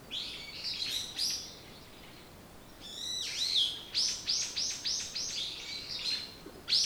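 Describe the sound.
Bird song: high twittering notes, a pause, then a sweeping call followed by a quick series of sharp repeated chirps.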